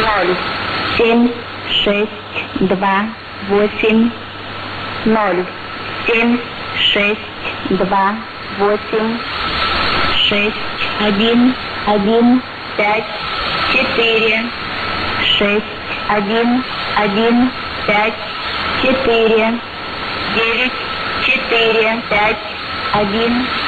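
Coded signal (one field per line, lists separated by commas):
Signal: numbers station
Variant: S06s, Russian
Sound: woman's voice reading Russian digits one by one at an even pace over hiss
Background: radio static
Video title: 28 02 2019 S06s Russian Lady numbers station in Russian to Eu 0940 on 9540 unknown tx site USB+AM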